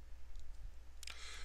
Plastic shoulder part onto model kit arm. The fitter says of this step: locks in place really nice there's a little clip there let's